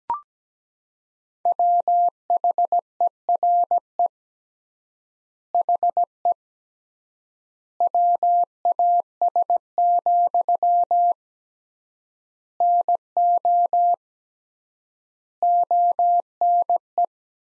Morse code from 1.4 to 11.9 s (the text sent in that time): WHERE HE WAS,